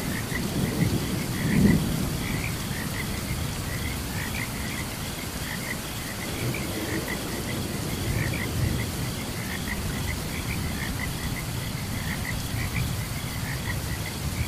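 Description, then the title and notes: Frogs: busy frog chorus of repeated chirps over steady rain, with a thunder clap early on and low rumbling afterward. Frogs chirping during a thunderstorm. "Frogs and Crickets Chirping During Thunderstorm. Sleep and Relaxation Podcast"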